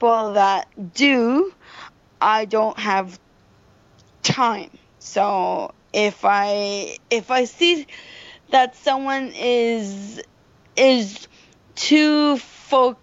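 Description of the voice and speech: Adult female speech with phrase repetitions, stretched vowels and long silent blocks, typical of stuttering. She has stuttered since she started talking and had speech therapy, where she was taught to speak slower and blend words together.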